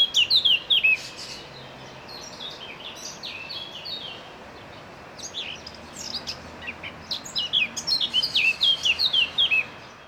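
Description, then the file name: Eurasian blackcap song: an opening burst of bright whistled notes, a quieter rambling warble in the middle, then a louder closing run of clear fluting notes. "Sylvia atricapilla"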